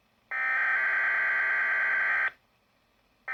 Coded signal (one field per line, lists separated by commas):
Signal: Emergency Alert System (SAME) tones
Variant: header bursts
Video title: Goodbye, AVIPaDS! All EAS Alerts from EAS#1 to EAS#12 (EAS Compilation #2)